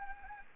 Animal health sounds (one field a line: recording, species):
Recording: mosquito wingbeat signal from an infrared sensor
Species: Anopheles gambiae